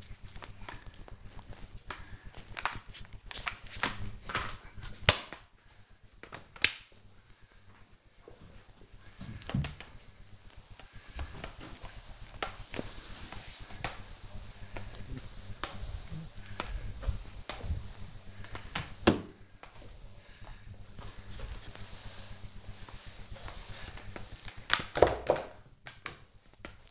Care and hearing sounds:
household activities, microphone on the right wrist
0.00-26.91 s: floor cleaning

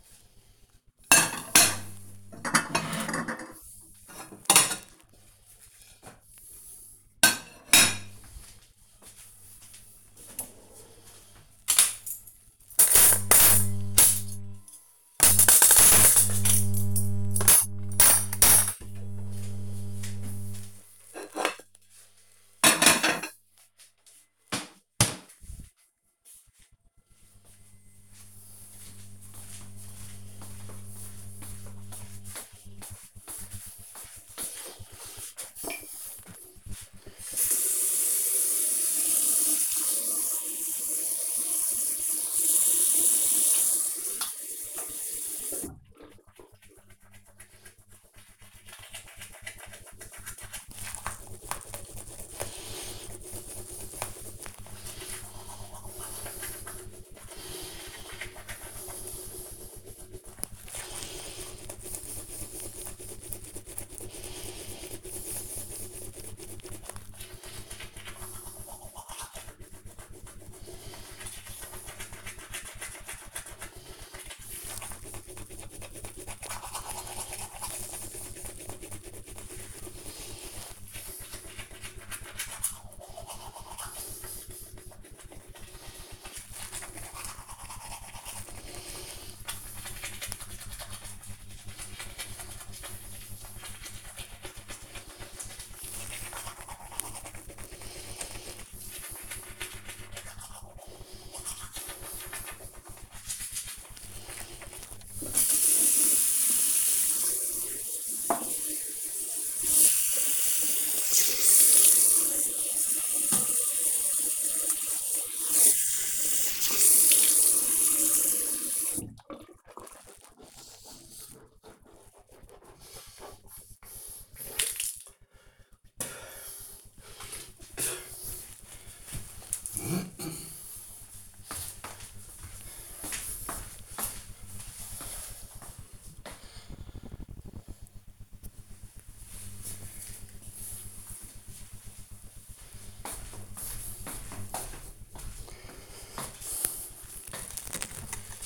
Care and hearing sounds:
household activities, microphone on the right wrist
0.00-24.58 s: putting away the dishes
35.68-125.32 s: brushing teeth

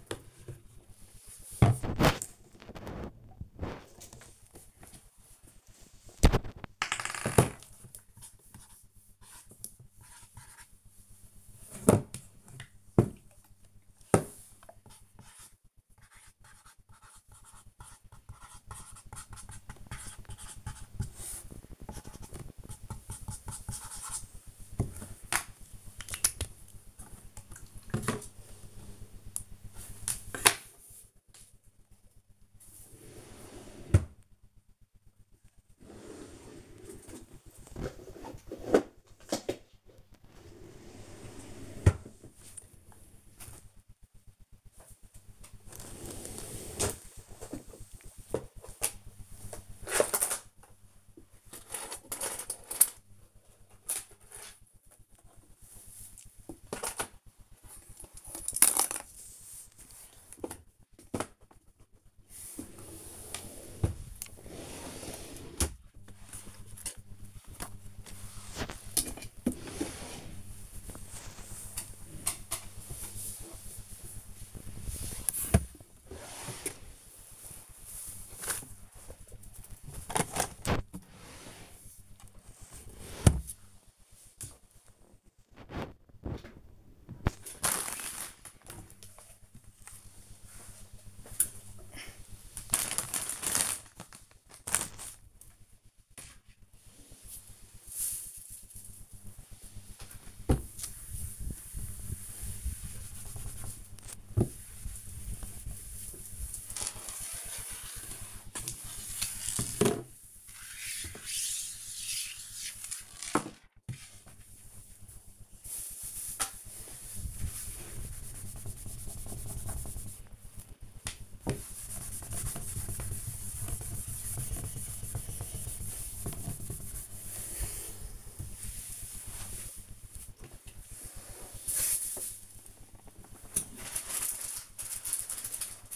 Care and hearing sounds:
household activities, microphone on the right wrist
3.86-99.46 s: tidy up the cupboard
108.52-135.96 s: cleaning the cupboard

